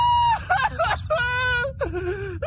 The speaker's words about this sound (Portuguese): Você já viu o começo do episódio? Porque os gritos de desespero do Morty são inacreditáveis. Ele grita. Assim.